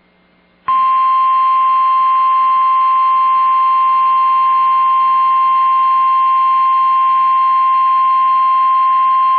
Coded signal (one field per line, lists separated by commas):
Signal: Emergency Alert System (SAME) tones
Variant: 1050 Hz attention tone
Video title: EAS Blizzard Warning/Wind Chill Advisory Northeastern Minnesota NOAA Weather Radio Grand Marais